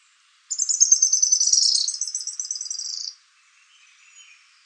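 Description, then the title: Araucaria tit-spinetail delivering one high, rapid trill of about two and a half seconds, gently descending, followed by faint soft notes. "LuckyPassaro Completos2Sama. Araucaria Tit-Spinetail (Leptasthenura setaria)"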